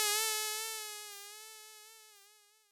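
Mosquito whine, a steady high-pitched buzz with rich overtones that holds an even pitch and slowly fades away over under three seconds.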